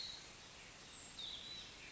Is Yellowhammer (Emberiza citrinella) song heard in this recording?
no